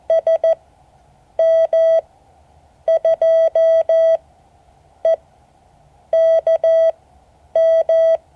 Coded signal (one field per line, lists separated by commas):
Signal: Morse code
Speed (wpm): 14 wpm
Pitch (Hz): 650 Hz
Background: none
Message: SM2EKM